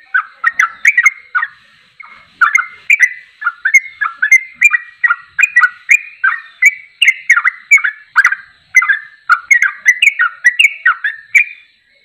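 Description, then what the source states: Yellow-vented bulbul song, a lively chatter of liquid whistles in quick succession, briefly pausing near the start before running on steadily. Champion (juara) bird singing in tembakan style, used for masteran training.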